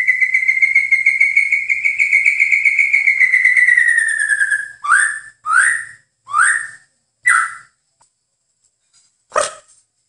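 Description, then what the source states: White-eye song opening with a long, rapid trill that slowly falls, followed by four separate rising chirps and a final sharp note. Rolling song style called "ngerol ngalas".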